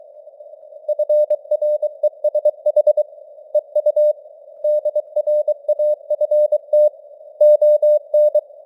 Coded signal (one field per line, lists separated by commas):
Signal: Morse code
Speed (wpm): 23 wpm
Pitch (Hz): 600 Hz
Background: none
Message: FRESH EU DRAFT ON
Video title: Morse Code News | 2025-12-19 | 23wpm